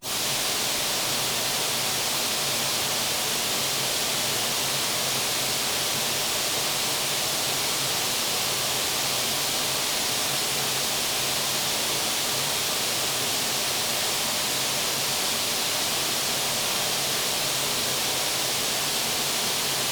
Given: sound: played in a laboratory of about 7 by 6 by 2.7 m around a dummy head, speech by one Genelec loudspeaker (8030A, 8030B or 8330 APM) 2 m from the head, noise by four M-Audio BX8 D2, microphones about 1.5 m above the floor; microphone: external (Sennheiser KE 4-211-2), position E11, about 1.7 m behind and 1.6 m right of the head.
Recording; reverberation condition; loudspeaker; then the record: white noise; high; four, about 170 cm from the corners of the room and facing them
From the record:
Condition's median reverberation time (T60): about 1300 ms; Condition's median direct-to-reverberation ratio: about -4.0 dB